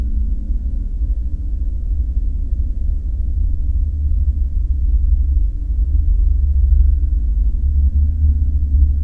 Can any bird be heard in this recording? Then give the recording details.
no. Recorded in the Prudhoe Bay oil fields, Alaska, on 5 September 2019 at 01:05. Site 14